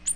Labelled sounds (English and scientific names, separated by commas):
Ovenbird (Seiurus aurocapilla) flight call